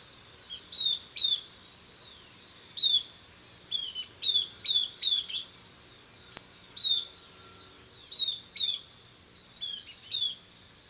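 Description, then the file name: Southern beardless tyrannulet: high clear descending notes in pairs and triplets, spaced by short pauses, one sharp click midway. "Camptostoma obsoletum - Southern Beardless Tyrannulet"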